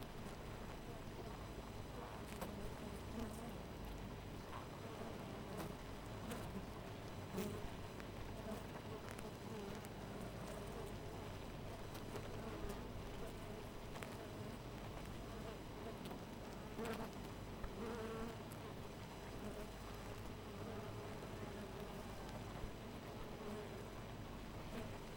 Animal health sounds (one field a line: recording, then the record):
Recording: honeybee colony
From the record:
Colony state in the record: missing queen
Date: 14 July 2017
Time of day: 4:50